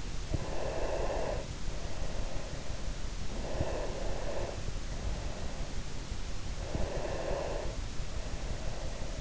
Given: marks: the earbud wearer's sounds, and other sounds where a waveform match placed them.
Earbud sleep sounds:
sounds in sleep by an in-ear microphone; breath
0.50-2.84 s: breath
3.49-6.09 s: breath
6.61-9.21 s: breath

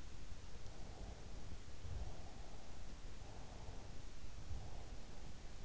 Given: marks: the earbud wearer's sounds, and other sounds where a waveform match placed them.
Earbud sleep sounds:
sounds in sleep by an in-ear microphone; breath
0.50-2.87 s: breath
3.09-5.18 s: breath

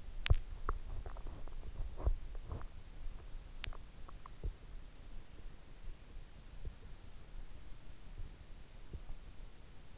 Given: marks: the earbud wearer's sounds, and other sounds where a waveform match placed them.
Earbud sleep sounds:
sounds in sleep by an in-ear microphone; swallowing
0.00-3.10 s: swallowing

